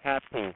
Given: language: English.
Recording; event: throat vibration sensor signal played as sound; speech